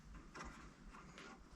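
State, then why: Not seated. A main power supply plug with a locking tab is handled at the power header on the board of a Gotek floppy USB emulator drive, fitted as a mod in an Akai S2000 sampler. Soft handling and scraping noises sit over a low background rumble, with a brief sharper burst around 1.2 s. Nothing has seated or clicked yet.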